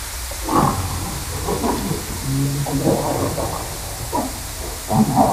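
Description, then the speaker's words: Harbor seal underwater song: repeated short, gruff barks and a brief low drawn-out tone, coming every second or so over hissing water noise. Underwater recording from Gullmarsfjorden, not the Baltic; described as song, sounding somewhat dog-like and labelled as barking. "Vi har lite knubbsäl, sång också."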